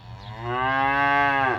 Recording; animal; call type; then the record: contact call of a hoofed animal; cattle; low-frequency (closed-mouth) or high-frequency (open-mouth) call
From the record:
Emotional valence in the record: negative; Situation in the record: full separation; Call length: 1.60 s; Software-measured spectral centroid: 1530 Hz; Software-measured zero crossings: 2020 a second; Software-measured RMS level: -23 dBFS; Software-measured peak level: -9 dBFS